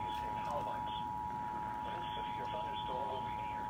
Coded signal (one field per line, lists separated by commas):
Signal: Emergency Alert System (SAME) tones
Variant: 853 and 960 Hz attention tone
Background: speech